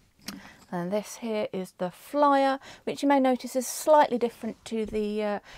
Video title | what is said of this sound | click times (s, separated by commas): EEW 6.1 Quick Start Guide | slide and then it clicks into place | 0.3 s